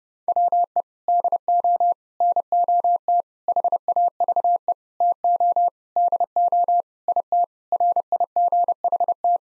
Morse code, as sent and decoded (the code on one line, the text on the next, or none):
.-- . / -.. --- / -. --- - / .... .- ...- . / - --- / -.. --- / .. - / .-. .. --. .... -
WE DO NOT HAVE TO DO IT RIGHT